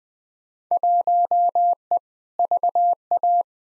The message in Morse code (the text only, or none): 1E VA